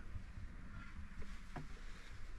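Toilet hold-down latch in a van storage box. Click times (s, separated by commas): 1.6 s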